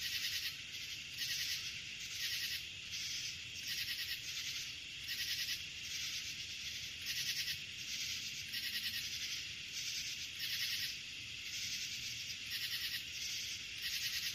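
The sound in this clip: Crickets chirping: a steady high-pitched buzz with many brighter pulsed bursts recurring throughout.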